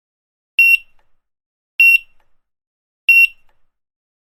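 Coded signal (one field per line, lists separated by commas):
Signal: none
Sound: checkout scanner beeps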